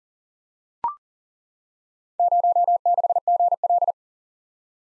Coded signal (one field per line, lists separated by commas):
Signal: Morse code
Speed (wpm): 40 wpm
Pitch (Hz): 700 Hz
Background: none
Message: 06GL